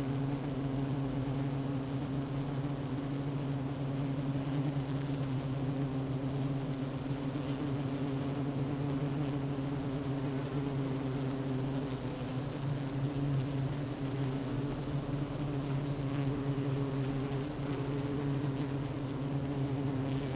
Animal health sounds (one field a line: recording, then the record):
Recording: honeybee colony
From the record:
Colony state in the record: active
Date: 12 June 2018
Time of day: 9:58